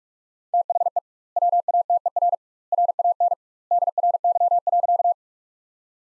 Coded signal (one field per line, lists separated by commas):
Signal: Morse code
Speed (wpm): 47 wpm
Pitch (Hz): 700 Hz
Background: none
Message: THE WATER RAN DRY.